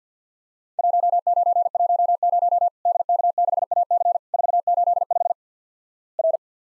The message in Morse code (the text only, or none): 1910 DK6AC 485 R